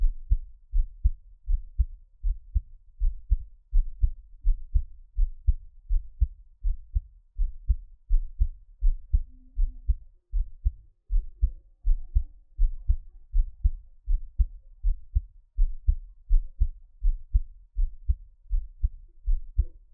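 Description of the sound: Steady, soft low heartbeat thumps from an adult heart at about 81 beats a minute in an even rhythm, with no talking.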